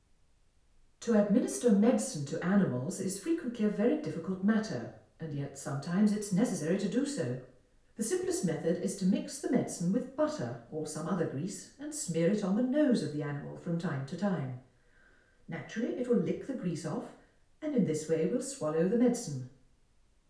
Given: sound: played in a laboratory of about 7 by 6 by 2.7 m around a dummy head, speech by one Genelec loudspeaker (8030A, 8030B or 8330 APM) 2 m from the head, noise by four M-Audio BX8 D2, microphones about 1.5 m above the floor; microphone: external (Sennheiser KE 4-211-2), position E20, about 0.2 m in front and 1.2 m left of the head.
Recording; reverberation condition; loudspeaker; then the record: female speech in English; medium; 150 degrees to the right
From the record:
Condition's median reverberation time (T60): about 510 ms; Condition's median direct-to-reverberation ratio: about -0.5 dB